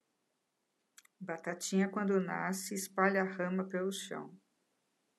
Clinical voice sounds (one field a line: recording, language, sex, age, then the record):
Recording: short text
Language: Brazilian Portuguese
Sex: female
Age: 60 to 69 years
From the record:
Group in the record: control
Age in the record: 64 years